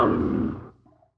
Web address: SFXSource AOS Tiger Snarl